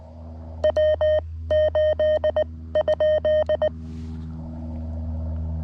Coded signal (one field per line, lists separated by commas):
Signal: Morse code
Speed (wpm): 19 wpm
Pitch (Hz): 1850 Hz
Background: none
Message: W8?